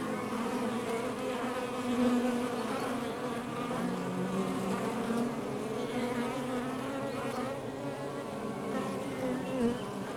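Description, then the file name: Honey bees humming together in a constant low buzz, single bees sliding up and down in pitch now and then. Recorded outside the hive. "Demo 02 Ruche Exterieur 1"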